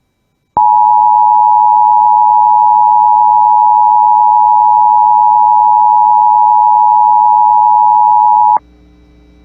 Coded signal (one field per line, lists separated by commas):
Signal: Emergency Alert System (SAME) tones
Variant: 853 and 960 Hz attention tone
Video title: IP Radio Captures From March 2021 EAS#141-142